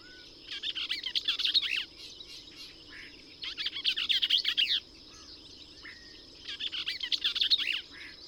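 Bell's vireo song: three quick, jumbled, scratchy phrases, each over a second long, separated by pauses of about one and a half seconds.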